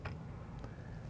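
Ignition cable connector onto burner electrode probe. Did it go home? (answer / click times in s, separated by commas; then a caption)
partly / 0.1 s. An ignition cable connector is pushed back onto the burner electrode probe of a Probat and gives a single sharp click at 0.1 s over a steady low hum. This is only the first click, so the cable seems on but is not fully on without the second click.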